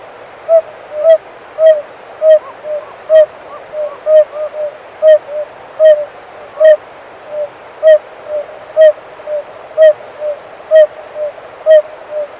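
Oriental fire-bellied toad calls: hooting notes repeated steadily, with fainter notes between them and light clicking ticks.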